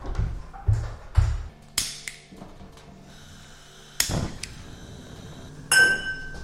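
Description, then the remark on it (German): Old metal pots in a late aunt's old apartment clink and clatter as they are handled, a series of sharp, ringing knocks at irregular intervals with a few bright, sustained metallic tones lingering between them. No one speaks. “Die alten Töpfe.”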